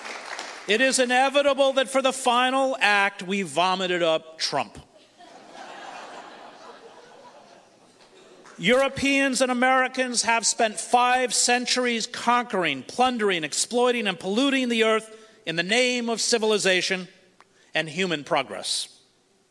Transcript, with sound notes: It is inevitable that for the final act, we vomited up Trump.
[audience laughter]
Europeans and American have spent five centuries conquering, plundering, exploiting and polluting the earth in the name of civilization and human progress.